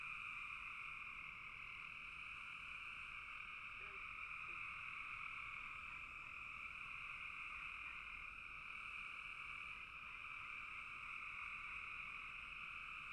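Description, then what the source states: Frogs in a dense chorus, a steady continuous trilling wash in two high bands that holds unbroken for the whole span. Frogs calling in a bog.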